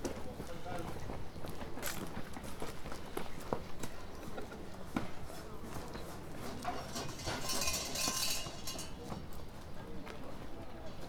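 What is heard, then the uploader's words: A field recording from Japan: a busy, continuous murmur of voices mixed with many quick clicks and taps, like footsteps or hooves on a hard surface. The level stays fairly even throughout, with a brighter hissing swell around the eighth second. Field recordings I made in Japan.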